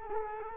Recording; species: mosquito wingbeat signal from an infrared sensor; Culex quinquefasciatus